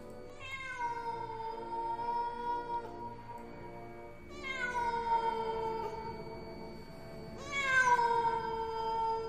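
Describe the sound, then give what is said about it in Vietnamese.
Three long, drawn-out yowls of stray cats wandering in a cemetery at night, each rising sharply then sliding down in a mournful, wavering wail, with brief pauses between them and no voices. “Những con mèo hoang, nó bắt đầu đi lang thang trong nghĩa địa, kêu lên những tiếng thảm não, nghe đến giận cả người.”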